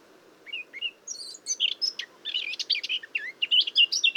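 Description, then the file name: Eurasian blackcap warble: a few separate chirps, then a quick tumbling run of mixed scratchy and whistled notes building to a dense finish. "Sylvia atricapilla"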